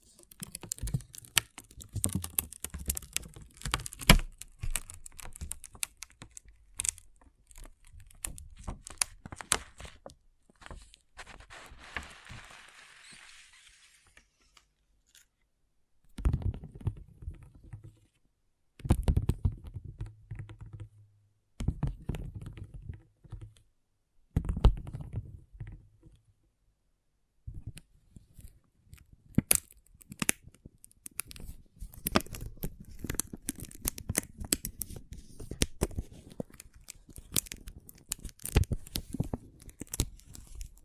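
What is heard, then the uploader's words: Small plastic pixel art beads clatter and click in dense, uneven bursts, broken by short silent gaps around 15 and 27 seconds. Near 10 to 14 seconds a softer, hissing pour takes over, and low thumps punctuate the later rattling bursts. ASMR Relaxing Pixel Art Beads ( No Talking).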